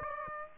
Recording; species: mosquito wingbeat signal from an infrared sensor; Aedes aegypti